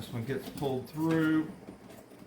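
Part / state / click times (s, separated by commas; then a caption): wiring harness grommet into truck door opening / not seated / none. A wiring harness grommet is handled at the door opening of an OBS Ford truck during a factory power window, door lock and mirror conversion, as part of the door wiring is worked toward being pulled through. Someone talks over quiet handling noise with one faint hit. Nothing has seated or clicked yet.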